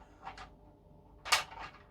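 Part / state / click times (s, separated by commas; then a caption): X-wing toy wing mechanism in the fuselage / not seated / none. The wings of a vintage plastic X-wing toy are worked against the fuselage, making soft handling taps near 0.3 s and 0.4 s and a louder knock at 1.3 s. The wing does not click into place; nothing has seated or clicked.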